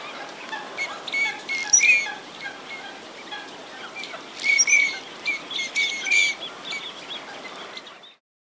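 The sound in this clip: Teal calling in a group, clipped high whistles and soft chirps in clustered bursts, ending abruptly in silence.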